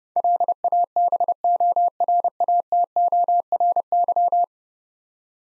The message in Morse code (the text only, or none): LABORATORY